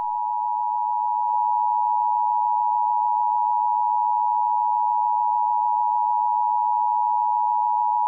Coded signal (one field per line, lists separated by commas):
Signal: Emergency Alert System (SAME) tones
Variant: 853 and 960 Hz attention tone